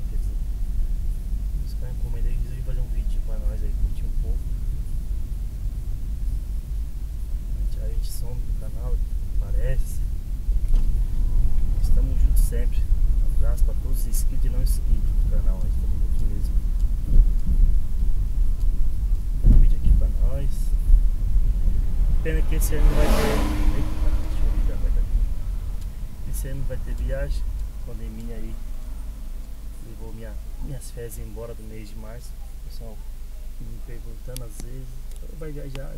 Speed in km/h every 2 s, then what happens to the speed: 22, 24, 25, 24, 24, 23, 25, 26, 24, 23, 24, 20, 18, 12, 3, 0, 0, 0.
0-19 steady at about 24. 19-29 slows to 0. 29-36 standing.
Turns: none.